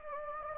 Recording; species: mosquito wingbeat signal from an infrared sensor; Anopheles gambiae